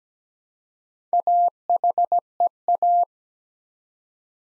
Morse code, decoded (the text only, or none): AHEA